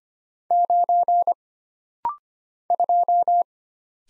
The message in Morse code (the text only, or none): 9 2